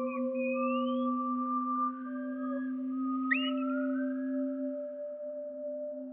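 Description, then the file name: Wallcreeper calls slowed down as layered long whistles, steady low tones beneath slowly rising upper notes, with one brief sharp upward flick midway. "TICHODROME RALENTI"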